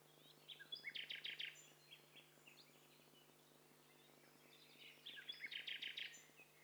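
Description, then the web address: Several birds chirping at once, with two quick bursts of rapid rattling notes near one and six seconds, scattered high tweets, and a constant low hum. "Hi Fi STEREO BIRD COCKTAIL PARTY Challenge"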